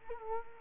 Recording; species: mosquito wingbeat signal from an infrared sensor; Culex quinquefasciatus